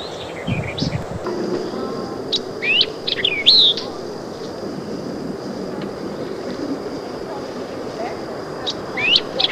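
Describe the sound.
White-eyed vireo singing a snappy phrase of chips and swooping whistles, then a shorter fragment near the end, with a steady high buzzing tone and low background noise.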